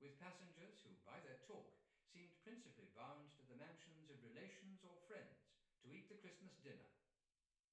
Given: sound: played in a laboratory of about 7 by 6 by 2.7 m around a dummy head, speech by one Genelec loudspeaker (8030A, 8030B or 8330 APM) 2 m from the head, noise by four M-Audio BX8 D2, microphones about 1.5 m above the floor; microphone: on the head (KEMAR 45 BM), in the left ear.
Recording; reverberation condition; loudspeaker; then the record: male speech in English; medium; 90 degrees to the right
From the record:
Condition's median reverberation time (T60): about 510 ms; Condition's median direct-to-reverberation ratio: about -0.5 dB